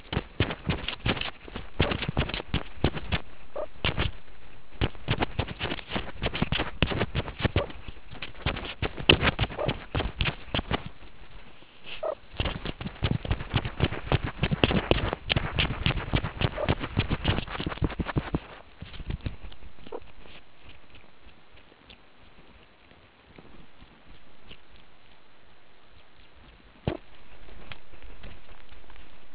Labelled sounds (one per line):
meerkat close call